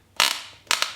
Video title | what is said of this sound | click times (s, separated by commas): Concealed Carry Gun Belt Comparison KORE vs Nexbelt vs Anson | obviously goes into the buckle and you can hear it click already that's | 0.2 s, 0.7 s